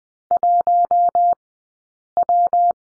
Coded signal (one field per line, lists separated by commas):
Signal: Morse code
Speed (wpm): 20 wpm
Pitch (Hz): 700 Hz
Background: none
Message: 1W